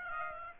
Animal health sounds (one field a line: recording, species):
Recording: mosquito wingbeat signal from an infrared sensor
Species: Aedes aegypti